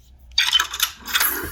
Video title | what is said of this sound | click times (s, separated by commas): Aggressive Negotiations V2 | put it in first, click it down, | 0.4 s